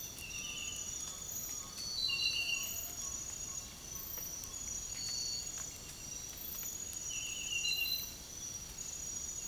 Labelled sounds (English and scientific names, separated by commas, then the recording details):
Undulated Tinamou (Crypturellus undulatus)
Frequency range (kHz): Undulated Tinamou (Crypturellus undulatus) 0.7-1.7 kHz
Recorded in dense forest near Puerto Asís, Putumayo, Colombia, on 22 June 2025 at 05:30
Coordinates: 0.503, -76.323
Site G059